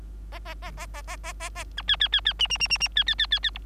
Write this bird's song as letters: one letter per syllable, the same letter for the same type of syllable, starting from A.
A A A A A A A A A B C C C C D D D D D C C C C C E